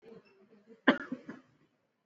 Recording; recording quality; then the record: shallow voluntary cough; excellent, no background noise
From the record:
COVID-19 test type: RT-PCR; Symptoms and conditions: cough, cold, sore throat, fever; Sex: male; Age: 26 years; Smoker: no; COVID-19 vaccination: both doses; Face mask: worn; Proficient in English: yes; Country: India